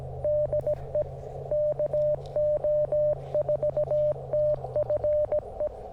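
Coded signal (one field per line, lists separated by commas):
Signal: Morse code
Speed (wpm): 17 wpm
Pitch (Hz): 600 Hz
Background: none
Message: DE KO4TFE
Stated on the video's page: QRP CW parks on the air activation on 20m and 40m, using a QMX transceiver, SP-4 paddles, and a Hamstick on a mag mount.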